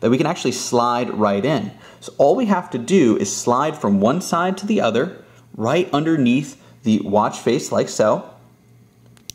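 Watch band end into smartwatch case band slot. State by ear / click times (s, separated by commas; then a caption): seated / 9.3 s. The end of a watch band is slid sideways into the band slot under the face of an Apple Watch Series 6 case while someone talks. After the speech fades, a sharp click is heard at 9.3 s as the band seats in the slot.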